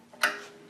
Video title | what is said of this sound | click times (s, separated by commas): Accu-Wedge - The Auto-Indexing Table (25) | And you'll hear it actually click in position as you go along. | 0.2 s